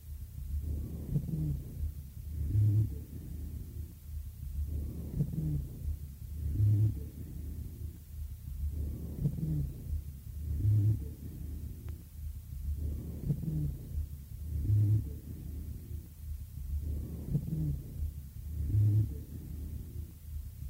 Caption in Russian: На фоне жесткого дыхания сухие басовые, но и высокочастотные сухие хрипы, напоминающие свист.